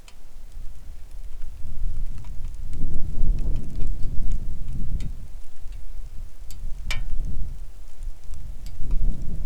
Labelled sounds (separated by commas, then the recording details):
wind, rain
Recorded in the Arctic National Wildlife Refuge, Alaska, on 3 August 2019 at 10:05
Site 41